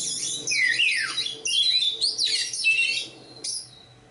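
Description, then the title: Oriental magpie-robin with a short, intense run of sweeping, slurred whistles and buzzy notes, then a final high note. Kacer poci, competition bird and national champion; singing gacor with 'nembak' and 'ngerol' styles; seven kinds of kacer sound every three minutes. "Kacer Poci Gacor Nembak Dan Ngerol Juara Nasional. 7 macam suara kacer setiap 3 menit"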